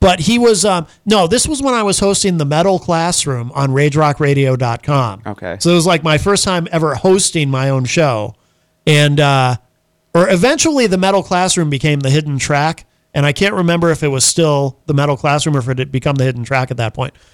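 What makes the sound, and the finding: Adult male speaker. Normal voice.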